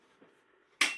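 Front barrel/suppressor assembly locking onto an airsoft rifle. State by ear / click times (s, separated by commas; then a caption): seated / 0.8 s. The front barrel/suppressor assembly of an LCT AS VAL airsoft rifle is twisted onto the gun with its button pressed down. After a quiet lead-in with a faint soft sound near 0.2 seconds, a loud, sharp, bright snap at 0.8 seconds shows the assembly twist-locking into place with a click, followed by a short ringing decay.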